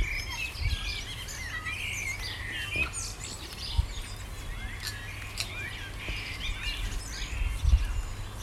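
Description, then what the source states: Bird chorus with overlapping whistles and chirps, continuing without pause over low background rumble. Recorded in the morning.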